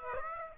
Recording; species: mosquito wingbeat signal from an infrared sensor; Aedes aegypti